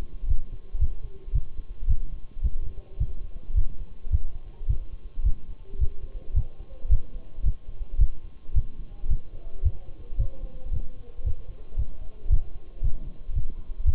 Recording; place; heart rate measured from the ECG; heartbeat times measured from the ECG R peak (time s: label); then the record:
heart sounds by stethoscope; between the tricuspid and mitral areas; 111 bpm
0.29 s: heartbeat
0.81 s: heartbeat
1.35 s: heartbeat
1.89 s: heartbeat
2.44 s: heartbeat
3.00 s: heartbeat
3.57 s: heartbeat
4.12 s: heartbeat
4.69 s: heartbeat
5.25 s: heartbeat
5.81 s: heartbeat
6.36 s: heartbeat
6.91 s: heartbeat
7.45 s: heartbeat
8.00 s: heartbeat
8.56 s: heartbeat
9.10 s: heartbeat
9.65 s: heartbeat
10.19 s: heartbeat
10.73 s: heartbeat
11.26 s: heartbeat
11.78 s: heartbeat
12.31 s: heartbeat
12.84 s: heartbeat
13.35 s: heartbeat
13.87 s: heartbeat
From the record:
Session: Bruce protocol treadmill stress test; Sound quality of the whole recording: partially saturated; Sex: male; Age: 23 years